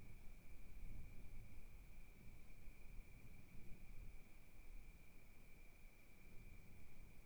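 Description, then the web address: Cricket song as one even, sustained high trill, with gentle wind rumbling low in the background. Wild crickets recorded at night at Kiger Lookout, Oregon, in 2015, in wilderness, with gentle wind gusts. "Sonniss com - GDC 2018-Game Audio Bundle Discover Oregon - Wilderness Crickets Crickets 2015 Kiger Lookout Night Crickets Gusts Gentle"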